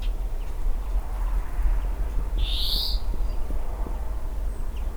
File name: Chloris chloris